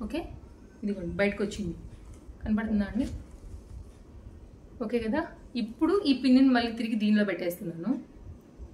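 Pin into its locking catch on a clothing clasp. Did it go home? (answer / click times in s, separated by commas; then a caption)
no / none. A woman talks while handling a fabric/saree safety-pin style clasp on clothing, getting ready to push its pin back into the locking catch. Only speech is heard, with no click or impact sound. Nothing has seated or clicked yet; the pin is not yet locked into its catch.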